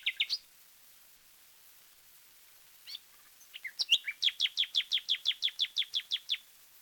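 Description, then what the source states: Common nightingale song: a few sharp notes, a pause, scattered whistles, then a fast rhythmic series of about fifteen loud repeated chooks. Taken from a 1936 disc of wild bird songs, side A.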